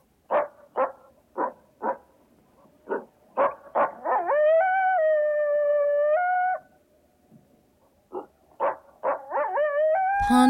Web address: coyote